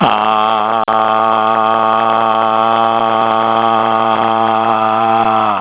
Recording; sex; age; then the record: sustained vowel /a/ by telephone; male; 80 to 89 years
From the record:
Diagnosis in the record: Parkinson's disease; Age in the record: 80 years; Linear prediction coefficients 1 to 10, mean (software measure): 1.31, -0.75, 0.13, -0.70, 0.87, -0.53, 0.29, -0.55, 0.45, -0.11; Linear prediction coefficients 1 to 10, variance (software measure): 0.023, 0.046, 0.038, 0.044, 0.052, 0.040, 0.027, 0.027, 0.034, 0.008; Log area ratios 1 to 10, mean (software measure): -1.84, 2.04, 0.22, 0.00, -0.28, 0.98, 0.08, 0.20, -0.61, 0.23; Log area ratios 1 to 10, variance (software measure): 0.013, 0.118, 0.078, 0.046, 0.055, 0.051, 0.039, 0.034, 0.042, 0.032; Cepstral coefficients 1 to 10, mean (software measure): 1.31, 0.12, -0.10, -0.79, -0.10, -0.07, 0.15, -0.05, -0.04, 0.07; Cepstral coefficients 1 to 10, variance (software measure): 0.023, 0.008, 0.011, 0.015, 0.004, 0.005, 0.003, 0.004, 0.003, 0.002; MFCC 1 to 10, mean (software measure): -2.74, 1.07, -0.99, -1.10, 0.55, 0.11, -0.40, 0.59, 0.02, -0.44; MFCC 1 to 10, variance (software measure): 0.345, 0.019, 0.035, 0.056, 0.036, 0.041, 0.029, 0.051, 0.045, 0.041